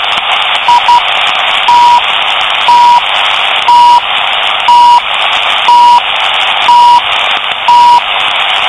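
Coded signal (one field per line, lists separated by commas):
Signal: radio time signal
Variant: CHU Canada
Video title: CHU TIME SIGNAL STATION CANADA 7850 KHz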